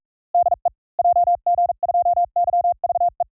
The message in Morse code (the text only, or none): DE JG2YVE